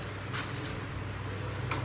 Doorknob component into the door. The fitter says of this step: Yan, nakakapit na siya guys. Nakalock na siya.